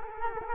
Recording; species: mosquito wingbeat signal from an infrared sensor; Culex quinquefasciatus